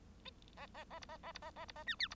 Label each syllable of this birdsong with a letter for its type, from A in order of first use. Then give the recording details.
A A A B A A B A A B A C D B. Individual Bird1